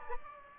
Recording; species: mosquito wingbeat signal from an infrared sensor; Aedes aegypti